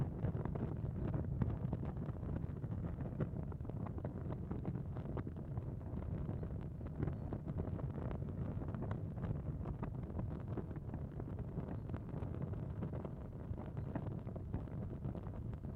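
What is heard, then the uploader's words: Fires burning from vents in the rocks produce a steady, dense roar, heavy in the low end and dull on top. Small flickers and gusty surges ripple through constantly, but the overall level stays even for the whole stretch with no distinct events. It is the site of dozens of small fires which burn constantly from vents in the rocks on the side of the mountain.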